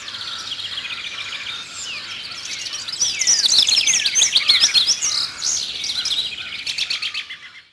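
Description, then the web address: Bird calls: overlapping high twittering and slurred chirps build into dense chattering before fading out at the end. "Peterson North American Birds"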